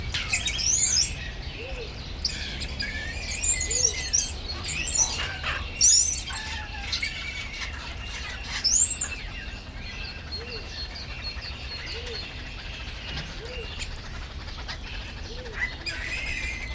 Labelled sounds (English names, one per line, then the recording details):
Wattled Starling
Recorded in captivity
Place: Zoo Berlin, Berlin, DE
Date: 1996-04-27 18:17
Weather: heiter, 17°C
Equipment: Sony MD-WM MZ-R3, Sennheiser MKH 416 T, Kopie Uher 4000 Report Monitor
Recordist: Tembrock, Günter